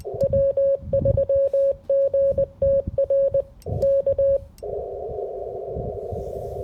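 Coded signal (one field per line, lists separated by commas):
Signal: Morse code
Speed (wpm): 20 wpm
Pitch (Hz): 560 Hz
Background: music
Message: W3GTR K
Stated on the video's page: Full POTA activation using a SOTA POTA 150 antenna.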